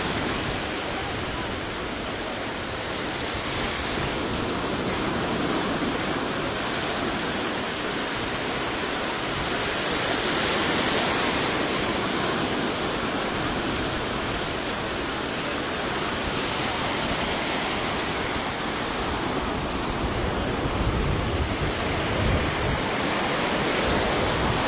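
Walking through sea waves: a dense, steady rush of churning water fills the whole clip, hissing brightly with a low rumble underneath. The level swells gently a few times, around ten and twenty seconds, without any sharp splashes or pauses.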